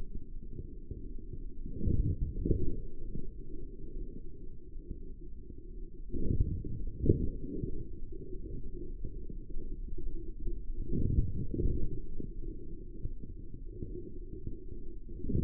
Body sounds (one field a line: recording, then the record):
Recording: forearm muscle sounds (acoustic myography)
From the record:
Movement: forearm supination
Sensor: system 3, bracelet of six PUI Audio POM-2738L microphones around the upper forearm, with dedicated amplification and filtering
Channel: 6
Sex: male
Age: 43 years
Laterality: right